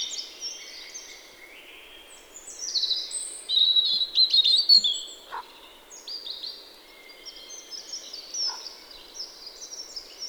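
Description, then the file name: European robin song: high, thin warbled phrases with quick trills and sliding whistles, loudest near the middle, over a faint steady hiss. "Erithacus rubecula"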